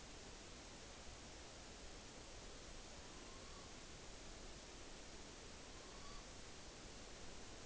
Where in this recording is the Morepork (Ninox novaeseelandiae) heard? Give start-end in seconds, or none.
2.79-3.73, 5.49-6.28